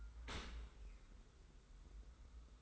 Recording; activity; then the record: daily activity, microphone in the room; open dishwasher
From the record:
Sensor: 3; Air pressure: 990.5 hPa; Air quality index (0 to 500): 195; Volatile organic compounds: 1000 ppm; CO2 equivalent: 6388 ppm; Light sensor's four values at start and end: 40/95/39/36 and 40/95/38/36